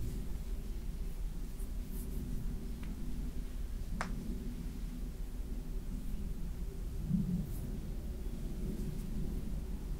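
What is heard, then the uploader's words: Back scratching and fabric sounds form a steady, dense, low rubbing rumble that runs unbroken through the whole ten seconds at an even level. A single sharp click lands around the four-second mark, with faint light ticks near two and seven seconds. ASMR back scratch, hair play & neck tingles on Emily no whisper (fabric sounds & back tracing).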